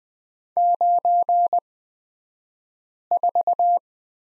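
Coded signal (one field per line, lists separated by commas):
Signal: Morse code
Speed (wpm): 20 wpm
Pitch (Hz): 700 Hz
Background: none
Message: 94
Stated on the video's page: Morse course lesson on the letter X, two-character drill, at Farnsworth speed 20/10wpm.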